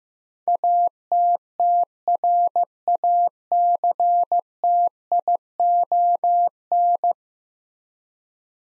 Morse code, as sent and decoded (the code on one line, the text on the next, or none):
.- - - .-. .- -.-. - .. --- -.
ATTRACTION